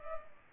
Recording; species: mosquito wingbeat signal from an infrared sensor; Culex pipiens